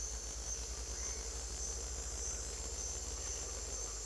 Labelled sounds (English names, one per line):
none